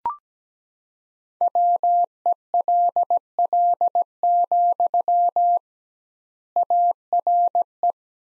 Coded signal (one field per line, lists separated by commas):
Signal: Morse code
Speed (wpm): 17 wpm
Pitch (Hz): 700 Hz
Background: none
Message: WELL, ARE